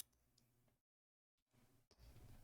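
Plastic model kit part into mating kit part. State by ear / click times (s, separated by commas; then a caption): not seated / none. A plastic model kit part is slid into its mating kit part, with soft handling rustle, a near-silent gap from about 0.8 to 1.4 seconds, then more quiet handling and a brief broadband scrape around 1.9 seconds. The part slides in but fails to lock, and nothing has seated or clicked yet.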